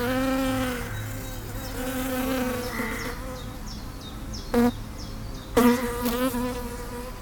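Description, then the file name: Bee buzzing, a rich droning tone that wavers in pitch throughout, with a few soft bird chirps and two sharp clicks. "Birdsand Beees"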